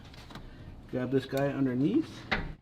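A notched mounting bracket clamp is handled over a car part and grabbed underneath, with a couple of faint handling taps early on while someone talks. Nothing has seated or clicked yet; the bracket clamp is not yet home.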